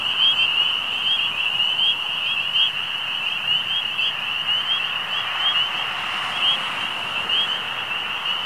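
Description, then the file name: Frogs or toads calling together in an unbroken high trilling chorus, with fast overlapping pulses rising and falling slightly in loudness. Recorded on 11 May 2009. "BatraciensCamions 2009-05-11"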